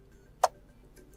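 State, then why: Seated. A new replacement battery is pushed into the battery compartment of a DJI Osmo Action 6 camera until it clicks home. One sharp, loud click lands at 0.4 s, followed by two faint soft ticks near 1.0 and 1.1 s. The battery is seated.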